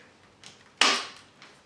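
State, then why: Seated. A magazine feed adapter is pushed into the feed port on the receiver of an A&K M249 PARA airsoft light machine gun. After a faint tap near 0.5 s, a sharp, loud click rings out at 0.8 s and fades, with another soft tap around 1.4 s. The feed adapter is seated.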